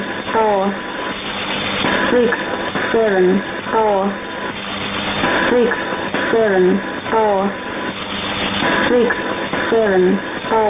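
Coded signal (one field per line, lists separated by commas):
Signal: numbers station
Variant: E17z English Lady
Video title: 04 01 2018 Numbers station E17z English Lady in English to Eu 0810 on 9820 unknown tx site in CUSB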